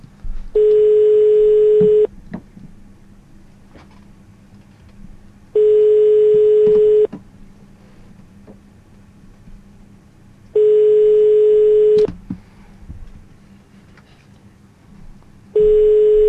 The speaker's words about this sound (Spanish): Un teléfono que no conoce y no contesta el tío, hijo puta, ¿o qué?